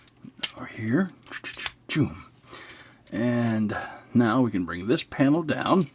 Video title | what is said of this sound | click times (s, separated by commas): Transformers: War For Cybertron: SIEGE Optimus Prime | take these wheels move them on the inside until they click | 0.4 s